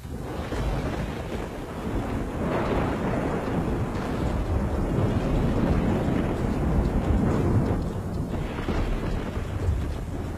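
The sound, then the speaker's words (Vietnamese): Deep, rolling thunder from a lightning strike rumbles continuously for about ten seconds, a heavy low roar that swells slightly in places without any sharp crack, and no voices are heard. “Từ trong đám mây đen, một tia sét đỏ rực phóng xuống giữa bầy quỷ, nổ đánh đùng một cái.”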